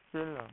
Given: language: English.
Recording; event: throat vibration sensor signal played as sound; speech